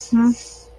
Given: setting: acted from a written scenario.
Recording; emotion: vocal sound without words; guilt